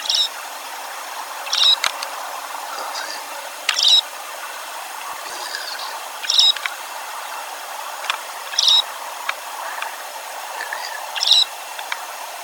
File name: Varfagel sydlig